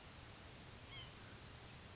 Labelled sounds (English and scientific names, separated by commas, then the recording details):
White-breasted Nuthatch (Sitta carolinensis)
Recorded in Sonoma County, California